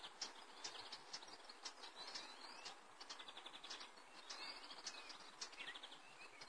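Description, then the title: Birds chirping in a busy chorus of short high tweets and quick trills that overlap throughout. "Sonidos aves"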